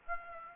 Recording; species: mosquito wingbeat signal from an infrared sensor; Aedes aegypti